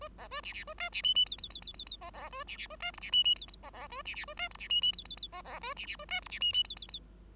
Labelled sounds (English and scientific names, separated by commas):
Bengalese Finch (Lonchura striata domestica) song